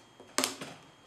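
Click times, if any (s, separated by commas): 0.4 s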